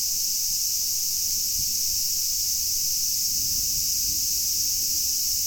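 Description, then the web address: Cicada giving an unbroken, shrill electric buzz at an even loudness throughout, with faint low background noise. Recorded 8 August 2019. "fukudai fu-cicada"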